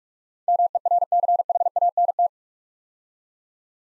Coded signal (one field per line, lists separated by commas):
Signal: Morse code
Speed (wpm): 44 wpm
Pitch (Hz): 700 Hz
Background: none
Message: MERCHANT